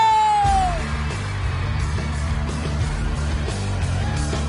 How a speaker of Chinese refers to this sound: 首先一开场你都见过佢噶啦，俾多啲掌声欢迎